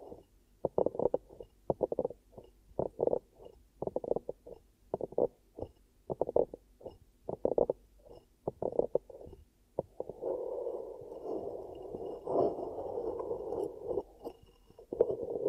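Ear cupping sounds: soft, muffled hollow thumps and rubs that come in quick bursts, roughly two or three per second, for the first ten seconds. After that they blur into a continuous low rumbling rustle, swelling and easing, with a few sharp ticks near the end.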